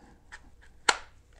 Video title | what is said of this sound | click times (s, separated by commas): Formidable Force Holsters OWB Recon Glock 19 Holster Review | Okay, so it clicks in really nice. | 0.9 s